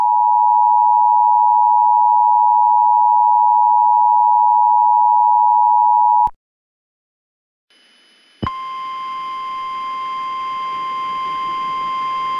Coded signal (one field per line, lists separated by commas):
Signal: Emergency Alert System (SAME) tones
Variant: 853 and 960 Hz attention tone